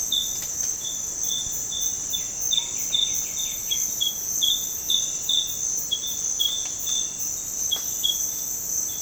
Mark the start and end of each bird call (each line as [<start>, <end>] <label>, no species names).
[2.11, 3.90] bird call